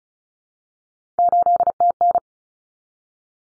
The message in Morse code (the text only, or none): 8TN